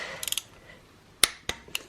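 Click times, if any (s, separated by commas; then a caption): 1.2 s. A click-type torque wrench tightens the bottom-end bolts of a Mira Turbo engine (EF-RL / EF-DET) during a build. A few light ratcheting ticks come at about 0.3–0.4 s, then the wrench gives a sharp, loud click at 1.2 s as it reaches its set torque. Two softer clicks follow at about 1.5 s and 1.8 s.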